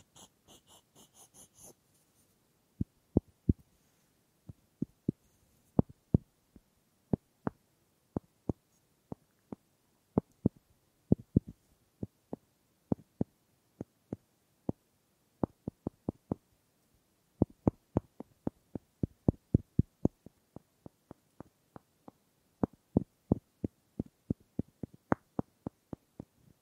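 Wood triggers: sharp, dry wooden knocks and taps arrive in irregular bursts, sometimes single, sometimes in quick clusters of two or three. A brief rustling, scratchy patch opens the first two seconds, then the knocks continue with quiet gaps between them.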